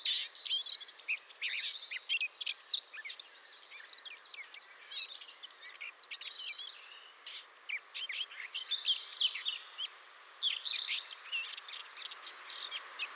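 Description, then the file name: Eurasian blackcap song, a continuous, busy chatter of high scratchy and twittering notes. "Sylvia atricapilla"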